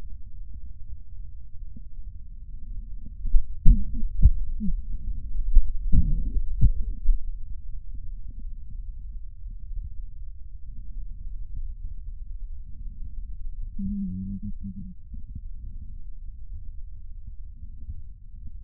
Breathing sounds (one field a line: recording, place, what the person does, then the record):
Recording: lung sounds by stethoscope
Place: right anterior apical chest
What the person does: quiet breathing, then cough and speech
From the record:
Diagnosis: interstitial lung disease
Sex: female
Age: 53 years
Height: 168 cm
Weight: 108 kg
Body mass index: 38.3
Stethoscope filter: bell mode